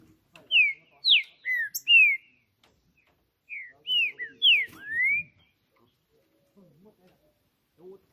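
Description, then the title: Green-winged saltator song: two bursts of four loud, clear slurred whistles, mostly falling, with a few faint sounds after. Singing on a roof in a singing contest, described as competing and showing male dominance behaviour. "Trinca Ferro CANTANDO MUITO de CARA em CIMA do TELHADO! Disputa INSANA!! TRINCA JUSTICEIRO & FBI"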